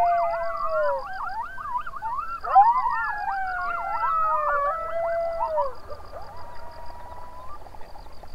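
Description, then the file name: Coyotes in a frenzied chorus of warbling yips and wavering howls that overlap densely, then thin out to a single trailing howl. Coyotes recorded on 21 June 2007 at 04:20. "070621-0420 coyotes"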